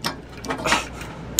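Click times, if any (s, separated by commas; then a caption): none. A standard steel trailer safety-chain hook is forced into the narrow safety-chain eyelet of a heavy-duty hitch on a 2020 Ford Super Duty truck. Metal clanks are heard around 0.1 and 0.5 seconds, with a sharp metallic tick at 1.4 seconds. The eyelet is too narrow for the hook, and its spring gate has not latched.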